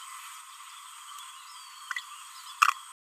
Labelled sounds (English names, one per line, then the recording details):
Green-rumped Parrotlet babbling
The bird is a male
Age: 22 days
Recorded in a nest box in Venezuela
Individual 17B31A1